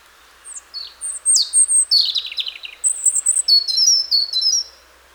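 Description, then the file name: European robin song: a thin, tumbling phrase of high sweet whistles and quick descending trills, sliding up and down, with faint background hiss. "Erithacus rubecula"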